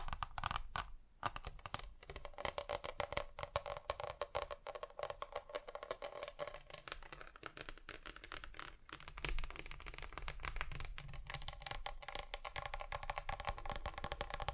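Tapping on different surfaces, a quick, steady run of sharp clicks and knocks that crowd together throughout the fifteen seconds. The taps are bright and dense with a low rumble underneath, easing briefly around the one-second mark and again near nine seconds.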